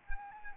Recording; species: mosquito wingbeat signal from an infrared sensor; Anopheles arabiensis